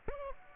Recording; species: mosquito wingbeat signal from an infrared sensor; Aedes aegypti